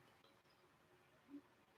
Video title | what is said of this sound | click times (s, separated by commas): Brian builds a Gundam - Wing Gundam Zero EW pt. 2 | So, yeah, that's not in. These are hard to get in. | none